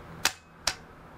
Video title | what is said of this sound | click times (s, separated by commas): XbotGo 13ft Telescoping Tripod | they actually snap into place which is a very useful thing now | 0.2 s, 0.7 s